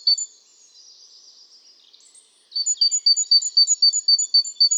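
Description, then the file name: Great tit calls: soft twittering gives way to a fast, steady string of bright, high notes repeated about four times a second. "Parus major"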